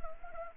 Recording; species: mosquito wingbeat signal from an infrared sensor; Anopheles arabiensis